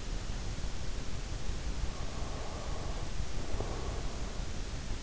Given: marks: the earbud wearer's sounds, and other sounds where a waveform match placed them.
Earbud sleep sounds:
sounds in sleep by an in-ear microphone; breath
1.94-4.59 s: breath

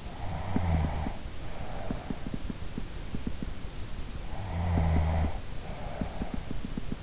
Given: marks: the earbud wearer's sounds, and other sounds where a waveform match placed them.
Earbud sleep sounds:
sounds in sleep by an in-ear microphone; snoring breath
0.00-2.56 s: snoring breath
4.54-6.70 s: snoring breath

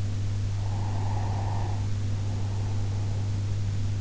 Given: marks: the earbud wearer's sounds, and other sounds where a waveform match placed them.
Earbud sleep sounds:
sounds in sleep by an in-ear microphone; breath
0.51-3.51 s: breath

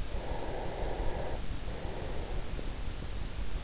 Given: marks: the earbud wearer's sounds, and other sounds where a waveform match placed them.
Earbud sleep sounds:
sounds in sleep by an in-ear microphone; breath
0.02-3.41 s: breath

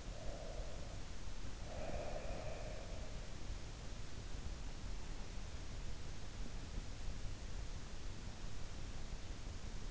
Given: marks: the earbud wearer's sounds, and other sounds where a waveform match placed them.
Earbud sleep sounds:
sounds in sleep by an in-ear microphone; breath
0.00-3.16 s: breath

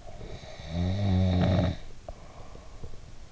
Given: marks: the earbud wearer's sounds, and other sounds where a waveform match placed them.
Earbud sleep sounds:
sounds in sleep by an in-ear microphone; snoring breath
0.07-3.32 s: snoring breath

